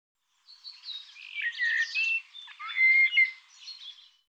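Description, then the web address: Bird performing a continuous varied phrase of squeaky chirps, harsh notes and a bright level whistle, lasting about four seconds in a quiet setting. "cianscape birddata Deverinetal Bird Tu Me Tu Me"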